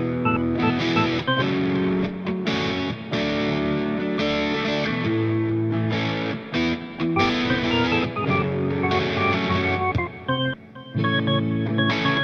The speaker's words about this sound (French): Trop de reverb. Trop de reverb.